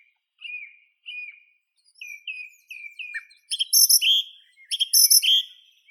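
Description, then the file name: Song thrush song: clear slurred whistles repeated several times, followed by a louder, ringing high phrase given twice. "Drozd pevchij Turdus philomelos"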